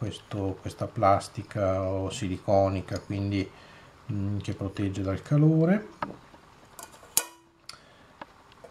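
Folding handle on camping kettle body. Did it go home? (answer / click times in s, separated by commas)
yes / 7.2 s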